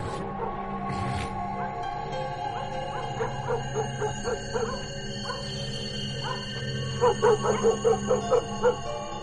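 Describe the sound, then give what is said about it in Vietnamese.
Dogs bark at night at the end of a road in two bursts of quick, repeated yips and barks, a mid-pitched rhythmic chorus over a steady low background hum, with a short pause between the bursts. “Một đêm cứ như vậy mà trôi qua, văng vẳng ở đầu đường tiếng chó cắn ma cứ nhấm nha nhấm nhặng,”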